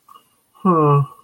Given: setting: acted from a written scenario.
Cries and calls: vocal sound without words; neutral

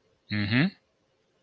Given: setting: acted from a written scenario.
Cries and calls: vocal sound without words; neutral

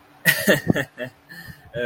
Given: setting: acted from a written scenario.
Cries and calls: vocal sound without words; embarrassment

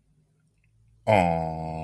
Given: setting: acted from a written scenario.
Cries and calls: vocal sound without words; adoration

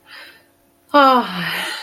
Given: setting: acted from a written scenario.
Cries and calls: vocal sound without words; contentment

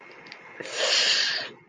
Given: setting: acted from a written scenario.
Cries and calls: vocal sound without words; guilt

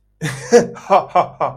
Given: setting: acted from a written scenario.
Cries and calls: vocal sound without words; pride

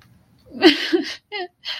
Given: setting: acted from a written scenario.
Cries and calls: vocal sound without words; sadness

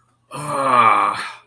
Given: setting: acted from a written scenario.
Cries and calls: vocal sound without words; distress

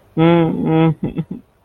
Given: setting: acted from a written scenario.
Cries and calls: vocal sound without words; guilt

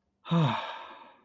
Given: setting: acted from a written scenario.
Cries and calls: vocal sound without words; serenity

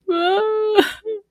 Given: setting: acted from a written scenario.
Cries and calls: vocal sound without words; sadness

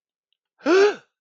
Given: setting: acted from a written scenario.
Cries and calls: vocal sound without words; fear

